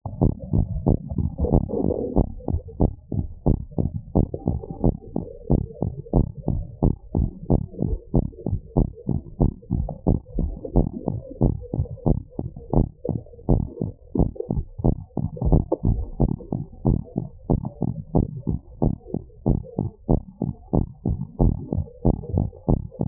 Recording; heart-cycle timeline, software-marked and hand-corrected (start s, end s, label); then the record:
heart sounds
0.00	0.20	diastole
0.20	0.32	S1
0.32	0.54	systole
0.54	0.68	S2
0.68	0.86	diastole
0.86	0.98	S1
0.98	1.20	systole
1.20	1.30	S2
1.30	1.50	diastole
1.50	1.64	S1
1.64	1.86	systole
1.86	1.96	S2
1.96	2.16	diastole
2.16	2.28	S1
2.28	2.50	systole
2.50	2.60	S2
2.60	2.80	diastole
2.80	2.92	S1
2.92	3.14	systole
3.14	3.26	S2
3.26	3.48	diastole
3.48	3.60	S1
3.60	3.80	systole
3.80	3.92	S2
3.92	4.16	diastole
4.16	4.28	S1
4.28	4.48	systole
4.48	4.60	S2
4.60	4.84	diastole
4.84	4.96	S1
4.96	5.16	systole
5.16	5.26	S2
5.26	5.50	diastole
5.50	5.62	S1
5.62	5.84	systole
5.84	5.94	S2
5.94	6.14	diastole
6.14	6.26	S1
6.26	6.48	systole
6.48	6.62	S2
6.62	6.84	diastole
6.84	6.96	S1
6.96	7.16	systole
7.16	7.30	S2
7.30	7.50	diastole
7.50	7.62	S1
7.62	7.86	systole
7.86	7.98	S2
7.98	8.16	diastole
8.16	8.26	S1
8.26	8.48	systole
8.48	8.60	S2
8.60	8.78	diastole
8.78	8.88	S1
8.88	9.10	systole
9.10	9.20	S2
9.20	9.42	diastole
9.42	9.54	S1
9.54	9.76	systole
9.76	9.88	S2
9.88	10.08	diastole
10.08	10.20	S1
10.20	10.38	systole
10.38	10.52	S2
10.52	10.76	diastole
10.76	10.88	S1
10.88	11.08	systole
11.08	11.20	S2
11.20	11.42	diastole
11.42	11.56	S1
11.56	11.78	systole
11.78	11.86	S2
11.86	12.08	diastole
12.08	12.18	S1
12.18	12.40	systole
12.40	12.50	S2
12.50	12.74	diastole
12.74	12.88	S1
12.88	13.10	systole
13.10	13.22	S2
13.22	13.50	diastole
13.50	13.64	S1
13.64	13.82	systole
13.82	13.92	S2
13.92	14.16	diastole
14.16	14.30	S1
14.30	14.56	systole
14.56	14.66	S2
14.66	14.86	diastole
14.86	14.96	S1
14.96	15.16	systole
15.16	15.24	S2
15.24	15.44	diastole
15.44	15.62	S1
15.62	15.86	systole
15.86	16.00	S2
16.00	16.20	diastole
16.20	16.32	S1
16.32	16.54	systole
16.54	16.64	S2
16.64	16.86	diastole
16.86	16.98	S1
16.98	17.18	systole
17.18	17.28	S2
17.28	17.50	diastole
17.50	17.60	S1
17.60	17.82	systole
17.82	17.94	S2
17.94	18.16	diastole
18.16	18.28	S1
18.28	18.48	systole
18.48	18.60	S2
18.60	18.82	diastole
18.82	18.92	S1
18.92	19.14	systole
19.14	19.24	S2
19.24	19.48	diastole
19.48	19.58	S1
19.58	19.80	systole
19.80	19.90	S2
19.90	20.10	diastole
20.10	20.20	S1
20.20	20.42	systole
20.42	20.52	S2
20.52	20.74	diastole
20.74	20.86	S1
20.86	21.06	systole
21.06	21.18	S2
21.18	21.40	diastole
21.40	21.54	S1
21.54	21.76	systole
21.76	21.86	S2
21.86	22.06	diastole
22.06	22.18	S1
22.18	22.36	systole
22.36	22.48	S2
22.48	22.70	diastole
22.70	22.82	S1
22.82	23.06	systole
23.06	23.08	S2
From the record:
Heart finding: normal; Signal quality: good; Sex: female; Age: 34 years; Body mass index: 28